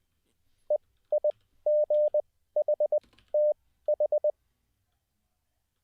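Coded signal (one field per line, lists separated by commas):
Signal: Morse code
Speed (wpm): 20 wpm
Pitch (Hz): 600 Hz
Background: none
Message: EIGHTH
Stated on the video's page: Morse code practiced live as a daily CW learning session.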